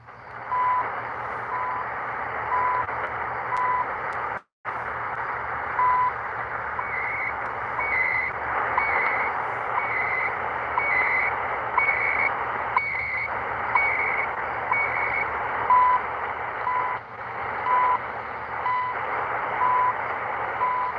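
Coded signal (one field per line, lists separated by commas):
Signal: radio time signal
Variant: CHU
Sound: static-filled shortwave with intermittent 1 kHz tick tones and brief higher warbling data bursts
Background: radio static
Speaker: I always love Chu Canada it's one of my favorite time signals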